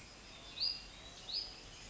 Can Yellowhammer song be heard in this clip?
no